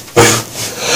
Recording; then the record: coughing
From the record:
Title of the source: Cough Around the Clock!